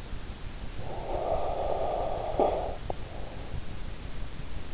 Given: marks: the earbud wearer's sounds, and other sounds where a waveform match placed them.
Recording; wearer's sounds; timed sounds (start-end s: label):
sounds in sleep by an in-ear microphone; snoring breath
0.50-3.27 s: snoring breath